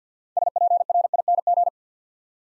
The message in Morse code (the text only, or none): SPRING